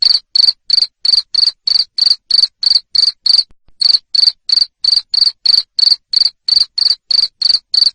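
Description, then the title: Cricket chirp series, sharp high pulses roughly three per second, one short break near the middle. Loud cricket chirping used to stimulate lovebirds to sing continuously. "Suara JANGKRIK NGERIK Keras Bikin LOVEBIRD Jadi NGEKEK Terus Vubey"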